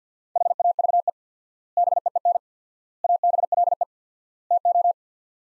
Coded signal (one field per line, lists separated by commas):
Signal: Morse code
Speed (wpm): 48 wpm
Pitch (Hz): 700 Hz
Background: none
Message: HAVE BEEN ABLE TO